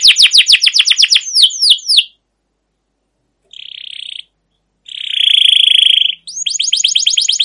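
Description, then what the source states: Canary song, a rapid string of sweeping chirps slowing into longer swoops, then two buzzy trills and another fast chirping run. Long rolling 'ngerol' gacor canary song with 'cuit cuit' notes, used as a lure or master recording to train and stimulate other canaries.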